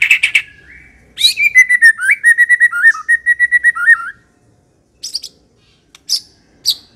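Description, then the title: White-rumped shama song: sharp opening notes, then a steady run of level whistled notes with wavering dips, followed by short high chips. Lure recording of an aggressive bird. "Pancingan Murai Batu Galak"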